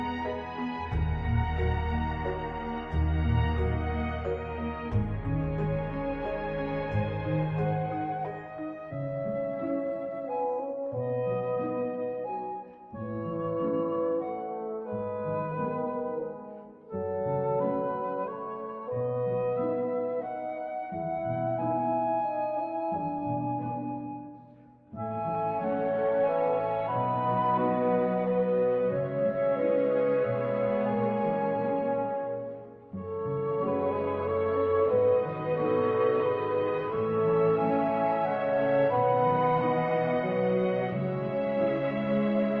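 A soundtrack piece of sustained, chord-based music with a warm low bass, the chords shifting every couple of seconds. Brief dips in volume come near 13, 17, 25 and 33 seconds, and the texture grows fuller and brighter after the 25-second mark.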